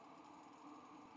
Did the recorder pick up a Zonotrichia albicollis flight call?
no